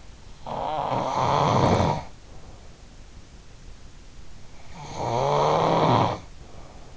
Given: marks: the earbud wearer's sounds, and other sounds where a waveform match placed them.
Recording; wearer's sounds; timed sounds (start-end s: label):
sounds in sleep by an in-ear microphone; snoring breath
0.46-2.74 s: snoring breath
4.83-6.97 s: snoring breath